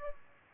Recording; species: mosquito wingbeat signal from an infrared sensor; Aedes albopictus